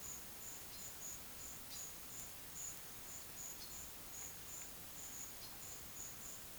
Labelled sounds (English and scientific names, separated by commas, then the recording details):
none
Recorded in pastures near Puerto Asís, Putumayo, Colombia, on 19 June 2025 at 12:30
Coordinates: 0.487, -76.322
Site H26